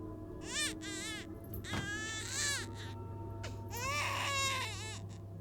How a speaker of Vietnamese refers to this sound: Đó tựa như là tiếng khóc của trẻ con. Tiếng khóc ngằn ngặt vang lên trong hành lang tối, nghe đến rùng mình rợn người.